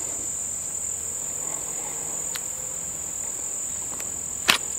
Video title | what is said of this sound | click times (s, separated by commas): Eclipse IWB Delta Holster with Wing Review | that nice positive click | 4.5 s